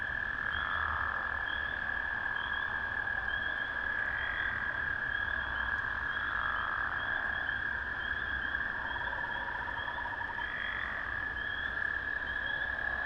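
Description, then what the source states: Amphibian chorus of continuous shrill trilling, overlaid by quick pulsed notes, with the sound surging every few seconds and a short lower rattling trill later on. Recorded at a valley pond, 05/03/2020.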